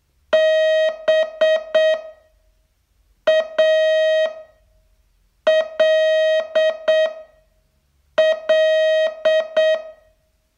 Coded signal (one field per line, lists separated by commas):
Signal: Morse code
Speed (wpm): 7 wpm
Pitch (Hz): 630 Hz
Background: none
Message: BALL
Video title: Learn Morse in 42 Days from VU2LAU - day 28 test